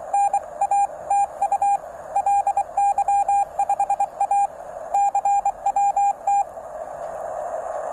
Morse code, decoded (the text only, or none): NATU LY5A CWT